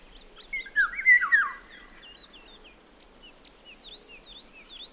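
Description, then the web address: Eurasian golden oriole sings a short, flute-like phrase with swooping notes, followed by thin, high chirps in the background. "иволга"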